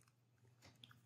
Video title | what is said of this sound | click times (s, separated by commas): 74. How to Make a Table Lamp on the Potters Wheel | kind of like click | 0.8 s